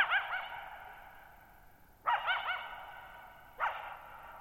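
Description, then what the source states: Coyote giving three harsh barks with rapid wavering yips, each trailing into a long echoing decay over a quiet background. Lone coyote at night, July 14, 2019, Thirtymile Meadows, Okanogan National Forest, Okanogan High Country, Pacific Northwest, 6400 ft (1950 m); high dry plateau, shallow-bowl meadow with boggy ground.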